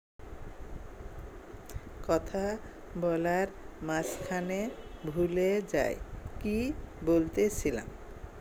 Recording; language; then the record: elicited speech; Bengali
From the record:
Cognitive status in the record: dementia